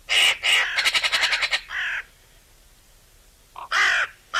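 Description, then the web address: Eurasian magpie calling with loud harsh squawks that run into a quick rattling burst of repeated chacks, then silence before more rough calls. "SETE data Pica pica"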